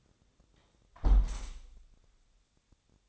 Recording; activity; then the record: daily activity, microphone in the room; close window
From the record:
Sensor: 3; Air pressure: 1000.3 hPa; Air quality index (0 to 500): 143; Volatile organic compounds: 2 ppm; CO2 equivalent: 1244 ppm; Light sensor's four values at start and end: 13/35/14/15 and 13/34/13/15